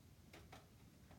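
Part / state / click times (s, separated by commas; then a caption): smartphone into AR headset phone holder / not seated / none. A smartphone is being inserted into the flip-up phone holder of an Autopstenhoj AR remote assistance headset, producing quiet handling noise with two brief, light taps around 0.3 s and 0.5 s and a fainter one near 1.1 s. The phone has not clicked into place yet; nothing has seated.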